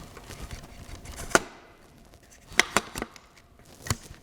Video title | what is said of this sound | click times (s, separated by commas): Excalibur Micro 340 TD Unboxing and Assembly | you go locked into place and you're ready to rock the | 2.6 s